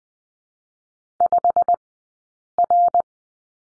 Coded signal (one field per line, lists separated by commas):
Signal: Morse code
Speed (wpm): 20 wpm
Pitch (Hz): 700 Hz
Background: none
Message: 5R